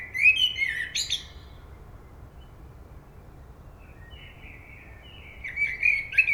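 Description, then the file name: Common blackbird with a short mellow warble and squeaky finish, a pause of several seconds, then another fluty phrase beginning. "Turdus merula"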